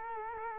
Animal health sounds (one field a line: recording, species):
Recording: mosquito wingbeat signal from an infrared sensor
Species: Culex quinquefasciatus